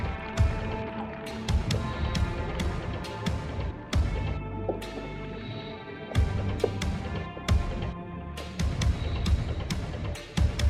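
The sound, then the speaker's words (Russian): Water drips and sloshes as a woman, Lorraine, lies straight down in an ice-cold bath she has filled, with irregular sharp plops and splashes over a continuous low swirling wash. No one speaks. “Лоррейн набрала ледяную ванну. Лоррейн без промедления сразу ложится в воду.”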